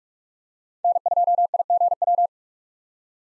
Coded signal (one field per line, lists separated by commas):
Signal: Morse code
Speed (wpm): 46 wpm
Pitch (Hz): 700 Hz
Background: none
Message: N2IGW